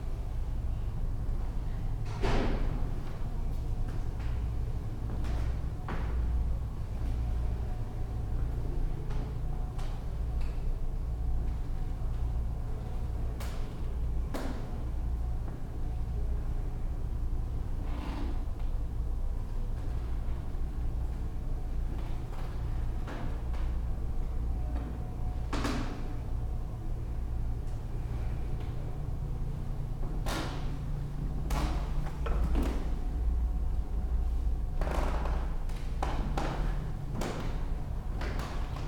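Floorboards creak and knock in irregular bursts, some sharp and bright, scattered every few seconds across the whole stretch. Underneath runs a steady low hum from the ventilation, with a thin constant tone above it that never changes.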